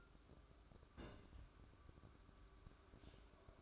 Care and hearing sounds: daily activity, microphone in the room; place on stove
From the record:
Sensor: 2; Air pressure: 1007.8 hPa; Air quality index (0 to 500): 103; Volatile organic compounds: 1 ppm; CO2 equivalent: 776 ppm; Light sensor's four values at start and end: 6/15/6/6 and 6/15/6/6

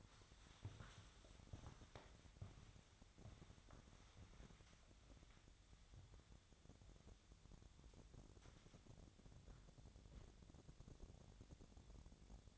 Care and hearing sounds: daily activity, microphone in the room; walk to room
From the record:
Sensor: 3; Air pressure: 999.9 hPa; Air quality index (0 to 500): 121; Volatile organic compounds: 2 ppm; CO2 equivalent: 1086 ppm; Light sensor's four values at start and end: 21/46/22/25 and 35/85/37/41

